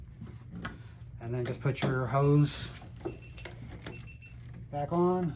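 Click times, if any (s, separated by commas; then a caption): 0.6 s. The front flow sensor module of an Aspire 7900 anesthesia machine breathing system is lined up with the cutout in the breathing module deck and pushed firmly in. A sharp snap at 0.7 s marks it seating in place. Someone talks afterward, with a few more light clicks.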